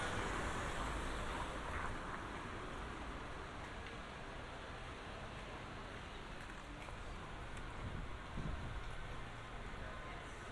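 A binaural field recording made in Amsterdam in June. A steady, dense wash of traffic fills the whole clip, with a low rumble and scattered voices mixed in. Brief brighter clicks and knocks come through around seconds seven and eight.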